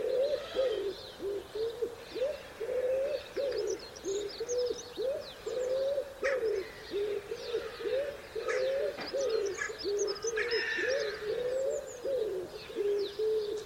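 Wood pigeon cooing, soft low hollow coos repeated in a steady run throughout, with high chirps and twitters from other birds above.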